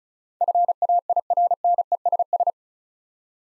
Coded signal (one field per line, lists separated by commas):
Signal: Morse code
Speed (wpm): 36 wpm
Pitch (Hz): 700 Hz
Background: none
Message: FAIRNESS